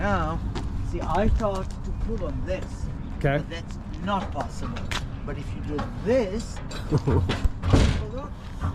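A movable part on a car is handled at its holder while someone talks, with some faint handling noise and background sound. Pulling on the part does not work, so it is moved another way, but nothing has seated or clicked yet.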